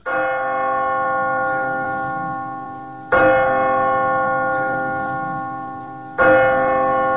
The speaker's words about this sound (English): The bell of St. Mark's.